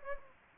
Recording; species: mosquito wingbeat signal from an infrared sensor; Anopheles gambiae